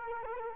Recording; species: mosquito wingbeat signal from an infrared sensor; Culex quinquefasciatus